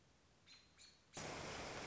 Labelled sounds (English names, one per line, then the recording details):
American Robin
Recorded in Sonoma County, California